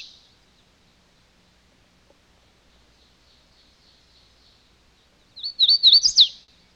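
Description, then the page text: Hooded warbler giving one short, clear, high warbled phrase near the end, after a long quiet stretch. "Hooded Warbler Call. Quick Sounds"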